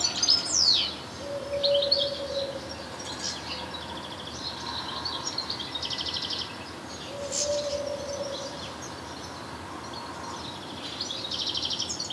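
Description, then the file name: European goldfinch twittering song, sharp high notes and short buzzy trills in scattered bursts, with an intermittent low hum in the background. "Carduelis carduelis"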